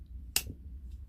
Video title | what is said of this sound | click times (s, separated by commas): Rough Ryder cinnamon stag bone carbon steel cotton sampler | Nice solid click into the open position. | 0.4 s